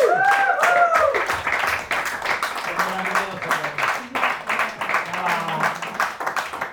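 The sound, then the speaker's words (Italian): An audience at a comedy night at ARCI Turro breaks into dense, steady applause for a comedian introduced as the host's Facebook friend, many hands clapping at once, with a rising voice at the start and cheering or whooping voices over the clapping. “Un grande applauso però per adesso mio amico di Facebook,”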